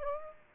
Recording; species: mosquito wingbeat signal from an infrared sensor; Aedes aegypti